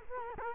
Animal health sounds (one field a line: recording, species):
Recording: mosquito wingbeat signal from an infrared sensor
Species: Culex quinquefasciatus